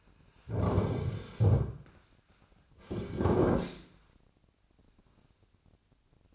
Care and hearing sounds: daily activity, microphone in the room; sit down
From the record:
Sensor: 2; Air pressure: 1009.1 hPa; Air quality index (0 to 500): 170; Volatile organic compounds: 2 ppm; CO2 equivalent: 1245 ppm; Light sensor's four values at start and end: 32/85/36/38 and 30/79/33/35

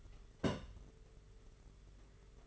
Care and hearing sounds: daily activity, microphone in the room; place on stove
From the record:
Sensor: 4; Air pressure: 991.9 hPa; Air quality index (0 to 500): 85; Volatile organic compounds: 6 ppm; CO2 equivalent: 1946 ppm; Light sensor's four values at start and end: 21/75/27/29 and 21/75/27/29

